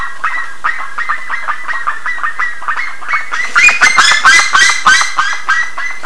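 Bird calls from a flock, rapid short harsh notes repeated in quick succession, growing louder and noisier midway with overlapping squawks.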